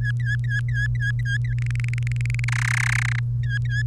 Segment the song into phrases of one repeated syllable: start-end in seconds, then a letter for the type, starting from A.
0.00-1.54 A, 1.58-2.44 B, 2.48-3.19 C, 3.43-3.82 A